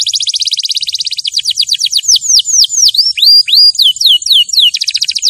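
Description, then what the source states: Canary begins with a fast trill, then a sequence of swooping whistled slurs repeated about every quarter second, ending in another rapid trill. Champion canary song used as a master recording for tutoring other birds.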